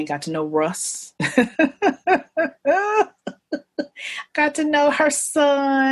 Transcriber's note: laughs